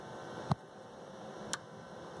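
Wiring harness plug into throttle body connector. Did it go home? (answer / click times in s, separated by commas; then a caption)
yes / 0.5 s, 1.5 s. A dried wiring harness plug is slid onto the throttle body connector of a Jaguar XJ8, cleaned for error codes P1121 and P1122, until it latches. Two short, sharp clicks sound at 0.5 s and 1.5 s over a steady background hum. The connector is seated, with both plugs now plugged in.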